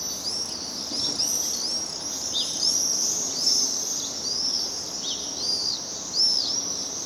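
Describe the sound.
Swift keep up a piercing, overlapping screaming, many arched buzzy notes rising and falling, with brief sharper screeches mixed in.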